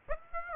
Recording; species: mosquito wingbeat signal from an infrared sensor; Aedes aegypti